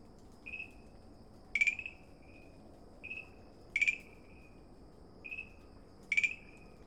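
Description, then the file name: Treefrog calling in spaced pairs: a soft tonal note, then a louder clicking burst with a fading tone, repeated about every two seconds. Recorded at Dalin on 30 May 2009. "090530 dalin farmland treefrog"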